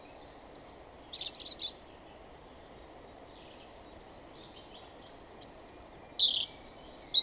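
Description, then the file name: European robin giving high, thin song fragments: brief shrill notes and a scratchy burst, a silent stretch, then more sweet, wavering notes. "Erithacus rubecula"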